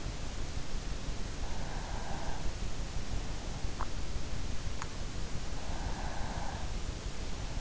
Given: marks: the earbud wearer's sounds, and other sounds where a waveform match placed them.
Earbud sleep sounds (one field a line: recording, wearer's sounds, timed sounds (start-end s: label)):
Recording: sounds in sleep by an in-ear microphone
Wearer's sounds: breath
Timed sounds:
1.36-2.73 s: breath
5.47-6.90 s: breath